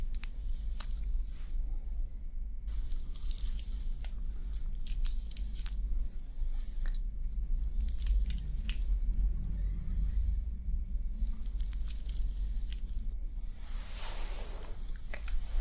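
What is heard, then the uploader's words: Soft brushing and rubbing against skin, with scattered sharp crackles and a brief bright swish near fourteen seconds over a steady low hum. ASMR POV Friend Gives You Personal Attention for Sleep ~ face brushing, stroking & massage.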